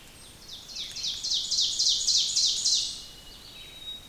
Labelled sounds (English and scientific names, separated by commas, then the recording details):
Ovenbird (Seiurus aurocapilla) song
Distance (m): 25 m
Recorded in boreal forest in Alberta, Canada, on 5 June 2016 at 05:48
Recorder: SongMeter 3, array SBT-3-51
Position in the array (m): 271 m, 118 m
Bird 28